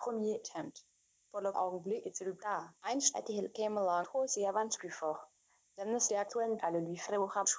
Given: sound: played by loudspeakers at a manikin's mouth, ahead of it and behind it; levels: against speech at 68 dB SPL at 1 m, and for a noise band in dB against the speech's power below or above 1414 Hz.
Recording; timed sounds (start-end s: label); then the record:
test signals for a remote microphone
0.00-7.59 s: speech test signal (ISTS)
From the record:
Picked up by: remote microphone B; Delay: 24 ms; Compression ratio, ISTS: 1.85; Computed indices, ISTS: SII 0.995, HASPI 0.987, HASQI 0.342 (non-linear 0.414, linear 0.827), ESTOI 0.825